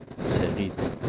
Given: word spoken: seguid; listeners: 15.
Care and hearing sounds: one Spanish word in noise, from a listening test; noise modulated by three-talker babble; -5.0 dB; 2 of 15; 8 of 15; 0.69 s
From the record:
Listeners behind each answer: 8, 2, 2, 1, 1, 1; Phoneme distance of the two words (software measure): 10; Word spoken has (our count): 2 syllables, 5 phonemes, stress on syllable 2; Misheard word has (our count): 2 syllables, 5 phonemes, stress on syllable 2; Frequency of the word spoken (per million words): 0.50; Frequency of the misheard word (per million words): 152.47

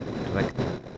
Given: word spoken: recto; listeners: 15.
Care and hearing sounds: one Spanish word in noise, from a listening test; noise modulated by three-talker babble; -3.5 dB; 5 of 15; 8 of 15; 0.58 s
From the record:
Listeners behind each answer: 8, 5, 1, 1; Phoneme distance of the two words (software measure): 10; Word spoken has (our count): 2 syllables, 5 phonemes, stress on syllable 1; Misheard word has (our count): 2 syllables, 5 phonemes, stress on syllable 1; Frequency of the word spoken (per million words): 8.65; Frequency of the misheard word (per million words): 18.44

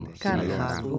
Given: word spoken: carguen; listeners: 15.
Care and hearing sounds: one Spanish word in noise, from a listening test; four-talker babble; -2.0 dB; 0 of 15; 7 of 15; 0.58 s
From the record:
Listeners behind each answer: 7, 2, 2, 1, 1, 1, 1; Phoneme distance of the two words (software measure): 37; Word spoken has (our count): 2 syllables, 6 phonemes, stress on syllable 1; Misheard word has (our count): 2 syllables, 5 phonemes, stress on syllable 1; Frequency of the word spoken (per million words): 0.27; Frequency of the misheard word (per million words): 26.06

